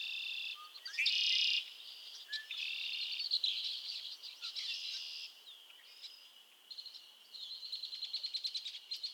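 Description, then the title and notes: Frogs chorusing: a steady high trilling drone with overlapping buzzy trills lasting about a second, plus faster pulsed trains near the end. Chorus of frogs calling to one another on a summer evening at Miners Marsh, Annapolis Valley, Nova Scotia. "Theraphonia - Frogsong at Miners Marsh. A chorus of frogs croon to one another on an idyllic summer evening in Miners Marsh, Annapolis Valley, Nova Scotia"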